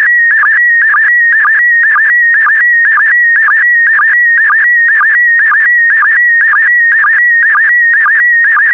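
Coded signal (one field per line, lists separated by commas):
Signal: SSTV (slow-scan television)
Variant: PD120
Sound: steady high warbling tone with rhythmic chirping dips about twice a second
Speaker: transmission complete you can now check your decoded image against the picture that is shown on the video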